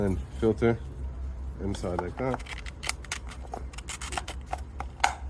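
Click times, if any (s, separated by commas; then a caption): 5.0 s. A new oil filter element is pushed into the plastic oil filter housing cap of a 2021 Mini Cooper while someone talks, with light handling clicks and rustles following. A sharp click at 5.0 seconds marks the element seating into the cap.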